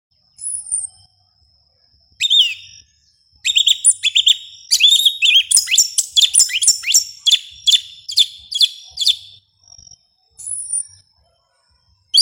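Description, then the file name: Yellow-legged Thrush singing: a high held whistle, then fast runs of sharp, squeaky notes and trills, ending with a few thin isolated whistles. "Canto do sabia una"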